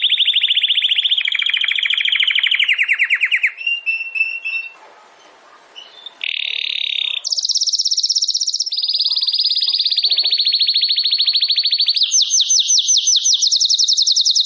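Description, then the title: Domestic canary song: fast trills and rolling tours at varied pitches, shifting between rapid buzzy rolls and higher clear trills, with a brief quiet gap midway. Belgian canary singing; campainha (bell) song. "Canário Belga Campainha Canary Singing"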